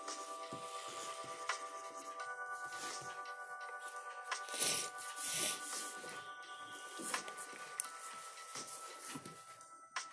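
A lofi study session with pencil and paper sounds. Soft, steady high tones hold throughout, while scratchy rustles, like a page turning or pencil strokes, swell around the middle and near seven and nine seconds, with small sharp clicks scattered between.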